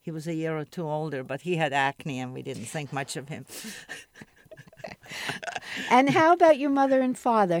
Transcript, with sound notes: He was a year or two older, but he had acne and we didn't think much of him. (both laugh)
And how about your mother and father?